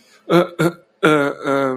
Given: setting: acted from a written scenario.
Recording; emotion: vocal sound without words; embarrassment